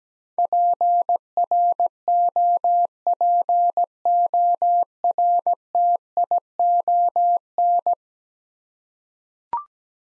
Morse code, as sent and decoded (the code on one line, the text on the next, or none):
.--. .-. --- .--. --- .-. - .. --- -.
PROPORTION